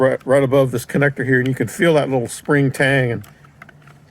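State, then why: Released. Someone talks while reaching above the airbag connector on a VW Jetta to press the small spring retaining tang that holds the steering column module. After the talking stops, a few faint ticks are heard, with a sharp click at 3.6 s as the tang releases the column module.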